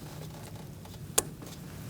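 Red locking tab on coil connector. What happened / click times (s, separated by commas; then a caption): The connector locking tab snapped into place / 1.2 s. On a 2016–2019 Chevrolet Cruze 1.4L during spark plug replacement, the red plastic locking tab on the coil connector is pushed down, possibly with a screwdriver. A soft knock at 0.9 s is followed by a single sharp, bright snap at 1.2 s over a low steady hum. The tab snaps into its locked position and the connector is seated.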